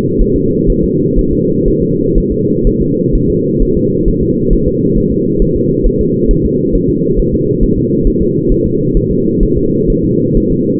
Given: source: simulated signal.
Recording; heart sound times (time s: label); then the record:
fetal heart sounds
0.21 s: S1
0.36 s: S2
0.70 s: S1
0.84 s: S2
1.19 s: S1
1.33 s: S2
1.68 s: S1
1.82 s: S2
2.18 s: S1
2.32 s: S2
2.67 s: S1
2.81 s: S2
3.15 s: S1
3.30 s: S2
3.62 s: S1
3.77 s: S2
4.08 s: S1
4.23 s: S2
4.53 s: S1
4.68 s: S2
4.97 s: S1
5.12 s: S2
5.42 s: S1
5.56 s: S2
5.86 s: S1
6.01 s: S2
6.31 s: S1
6.45 s: S2
6.75 s: S1
6.90 s: S2
7.19 s: S1
7.34 s: S2
7.63 s: S1
7.78 s: S2
8.07 s: S1
8.22 s: S2
8.52 s: S1
8.66 s: S2
8.97 s: S1
9.11 s: S2
9.43 s: S1
9.58 s: S2
9.90 s: S1
10.04 s: S2
10.37 s: S1
10.52 s: S2
From the record:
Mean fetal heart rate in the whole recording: 130 bpm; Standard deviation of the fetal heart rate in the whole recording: 4 bpm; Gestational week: 38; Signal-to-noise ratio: -11.2 dB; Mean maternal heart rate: 72 bpm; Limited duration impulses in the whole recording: present